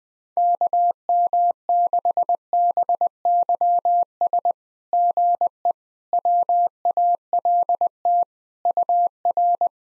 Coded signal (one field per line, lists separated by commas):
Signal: Morse code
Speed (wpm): 21 wpm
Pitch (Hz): 700 Hz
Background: none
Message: KM6BYS GE WALT UR